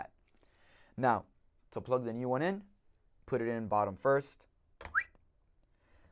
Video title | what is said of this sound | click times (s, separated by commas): Backup Battery on an Interlogix Simon XTi & XTi-5 | The top should just push right in, and that locks it into spot. | 4.9 s